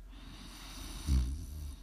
ASMR snoring.